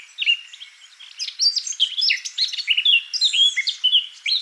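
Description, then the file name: Eurasian blackcap song, quiet scratchy notes at first, then a sustained loud burst of rapid mellow warbling and fluted whistles. "Sylvia atricapilla"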